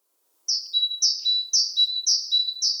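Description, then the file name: Great tit song: a bright two-note phrase, high then lower, repeated five times in quick succession about every half second, with no other sounds. "Parus major"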